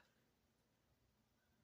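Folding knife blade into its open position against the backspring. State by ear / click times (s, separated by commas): not seated / none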